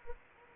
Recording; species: mosquito wingbeat signal from an infrared sensor; Anopheles gambiae